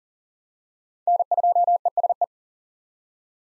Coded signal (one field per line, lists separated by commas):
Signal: Morse code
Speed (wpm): 38 wpm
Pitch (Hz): 700 Hz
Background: none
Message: N2ESE